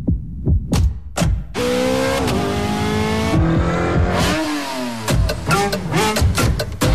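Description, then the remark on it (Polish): In a Polish radio advert for Shell V-Power Nitro Plus fuel, a car engine revs in a few short blips, then roars through a long climbing acceleration, dips, and ends with a quick series of loud, rising-and-falling revs with no talking. “Kiedy masz je w baku, samochód, silnik i jego moc sprawią, że poczujesz”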